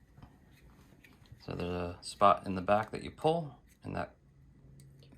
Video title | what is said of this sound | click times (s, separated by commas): Type 1 diagnosis | I didn't hear it click. | none